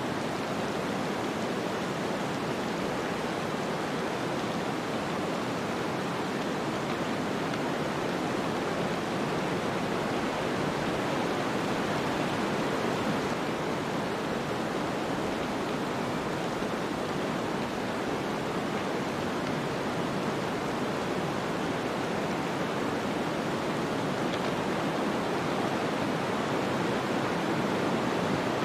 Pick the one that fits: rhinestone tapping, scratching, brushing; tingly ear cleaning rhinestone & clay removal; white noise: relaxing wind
white noise: relaxing wind